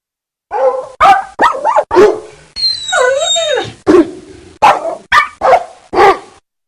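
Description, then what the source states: Dogs barking: several sharp, clipped barks in quick succession, interrupted by one long, wavering whine near the middle, then more short barks trading back and forth. Three dogs calling to each other.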